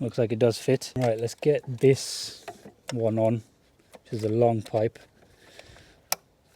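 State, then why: Seated. Someone talks while fitting a long breather hose from an oil catch can onto its fitting on the engine of a BMW 335i. At 6.1 seconds the hose's quick connector snaps home with a single sharp click, and the hose is seated.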